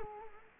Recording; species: mosquito wingbeat signal from an infrared sensor; Culex quinquefasciatus